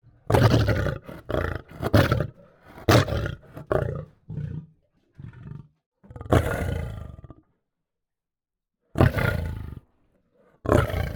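Lion snarling in harsh, deep bursts, several quick growls early on, then longer rasping snarls with pauses between them.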